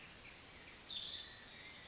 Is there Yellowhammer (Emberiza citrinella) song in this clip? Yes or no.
no